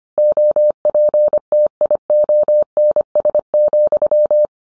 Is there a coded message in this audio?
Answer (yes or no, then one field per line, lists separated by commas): yes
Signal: Morse code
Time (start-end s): 0.2-4.5 s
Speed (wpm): 25 wpm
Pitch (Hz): 600 Hz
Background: none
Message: OPTIONS,